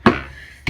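A Brocraft plastic fillet cutting board's quick-release latch is worked on its rail mounting base on a Tracker boat, and a sharp click rings out at 0.1 s, followed by a shorter knock at 0.7 s. The board releases and comes free of the base.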